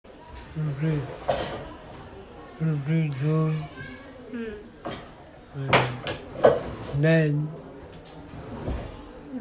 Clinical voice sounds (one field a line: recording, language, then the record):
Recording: elicited speech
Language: Bengali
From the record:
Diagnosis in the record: Broca's or global aphasia after a stroke